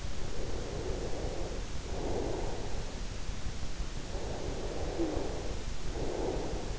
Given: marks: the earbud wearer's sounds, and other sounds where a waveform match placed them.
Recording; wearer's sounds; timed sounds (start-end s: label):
sounds in sleep by an in-ear microphone; breath
0.31-2.87 s: breath
4.05-6.79 s: breath